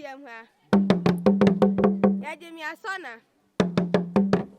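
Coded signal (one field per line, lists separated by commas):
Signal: talking drum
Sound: rapid resonant drum strokes alternating with a singing voice, the drum echoing its phrases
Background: singing voice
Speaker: In this example, only a voice and drum are heard. The drum seemingly mimics the sound of the vocalist.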